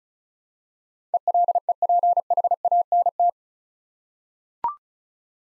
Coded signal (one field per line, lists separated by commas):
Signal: Morse code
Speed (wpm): 36 wpm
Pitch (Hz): 700 Hz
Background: none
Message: ELEPHANT